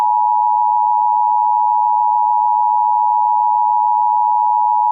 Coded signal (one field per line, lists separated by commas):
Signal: Emergency Alert System (SAME) tones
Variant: 853 and 960 Hz attention tone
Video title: EAS #667-668: 2 EAS Required Monthly Tests- Aug. 5, 2022- 12:15AM PDT